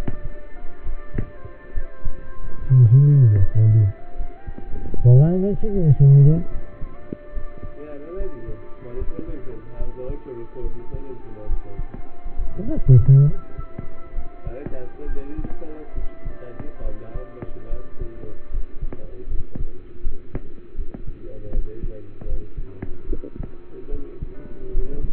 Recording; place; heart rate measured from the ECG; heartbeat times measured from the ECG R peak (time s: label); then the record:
heart sounds by stethoscope; between the tricuspid and mitral areas; 73 bpm
0.82 s: heartbeat
1.72 s: heartbeat
2.57 s: heartbeat
3.39 s: heartbeat
4.15 s: heartbeat
4.94 s: heartbeat
5.72 s: heartbeat
6.50 s: heartbeat
7.32 s: heartbeat
8.16 s: heartbeat
8.97 s: heartbeat
9.77 s: heartbeat
10.61 s: heartbeat
11.46 s: heartbeat
12.35 s: heartbeat
13.25 s: heartbeat
14.13 s: heartbeat
15.05 s: heartbeat
15.93 s: heartbeat
16.82 s: heartbeat
17.68 s: heartbeat
18.49 s: heartbeat
19.27 s: heartbeat
20.01 s: heartbeat
20.75 s: heartbeat
21.51 s: heartbeat
22.25 s: heartbeat
23.07 s: heartbeat
23.89 s: heartbeat
24.71 s: heartbeat
From the record:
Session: rest, lying down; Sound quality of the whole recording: partially saturated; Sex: male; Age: 27 years